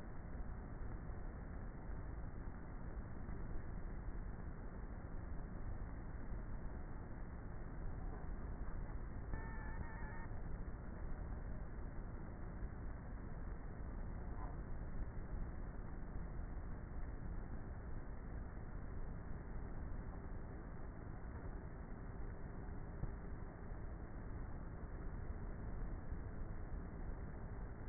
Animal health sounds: honeybee colony, microphone inside the hive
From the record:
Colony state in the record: queenless with a low population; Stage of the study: before two queens were removed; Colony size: about 30,000 bees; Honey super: no

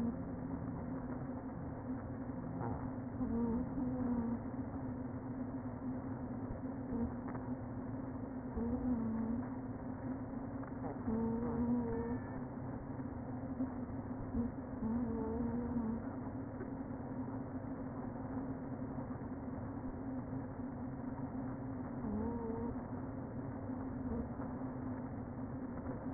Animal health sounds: honeybee colony, microphone inside the hive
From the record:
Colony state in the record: queen present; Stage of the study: before two queens were removed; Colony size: about 60,000 bees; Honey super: yes

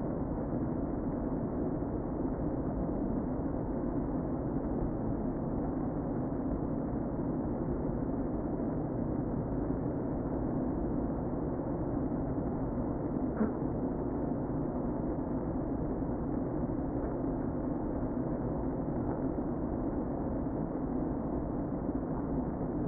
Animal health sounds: honeybee colony, microphone inside the hive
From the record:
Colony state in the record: queen present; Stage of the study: before two queens were removed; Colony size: about 60,000 bees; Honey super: yes

